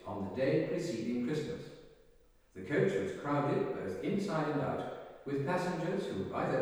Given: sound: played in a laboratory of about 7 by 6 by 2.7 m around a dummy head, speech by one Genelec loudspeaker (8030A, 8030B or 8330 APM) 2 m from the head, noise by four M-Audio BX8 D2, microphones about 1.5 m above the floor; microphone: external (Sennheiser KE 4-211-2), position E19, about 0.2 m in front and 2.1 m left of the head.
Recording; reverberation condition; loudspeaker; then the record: male speech in English; high; 90 degrees to the right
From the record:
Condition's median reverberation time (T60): about 1300 ms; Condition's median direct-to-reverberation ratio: about -4.0 dB